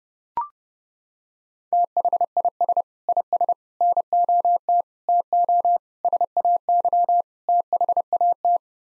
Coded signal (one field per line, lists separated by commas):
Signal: Morse code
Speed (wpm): 29 wpm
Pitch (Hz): 700 Hz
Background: none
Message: THIS IS NOT TO SAY THAT